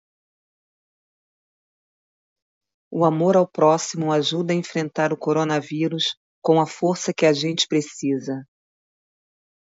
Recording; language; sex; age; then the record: spoken sentence; Brazilian Portuguese; female; 50 to 59 years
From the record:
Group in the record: control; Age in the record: 57 years